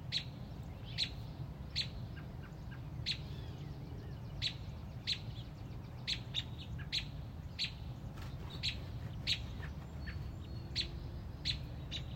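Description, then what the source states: Robin repeating sharp, high chip notes at uneven intervals, roughly once a second, with a few faint thin slurred notes and a constant low rumble beneath. Mother robin on a front porch, protecting a newly hatched baby robin.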